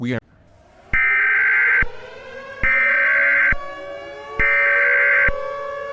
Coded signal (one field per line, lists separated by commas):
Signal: Emergency Alert System (SAME) tones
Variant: header bursts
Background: speech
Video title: EAS Mock: Eros